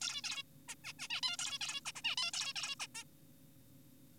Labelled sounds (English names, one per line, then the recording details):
Zebra Finch
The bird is an adult
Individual g4p5U